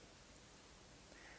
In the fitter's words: Now we go to the second one. Turn it until we hear a click.